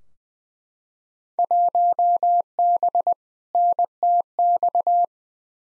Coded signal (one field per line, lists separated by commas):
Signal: Morse code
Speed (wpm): 20 wpm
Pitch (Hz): 700 Hz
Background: none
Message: 1B NTX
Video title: Field Day Exchange v2 - 20wpm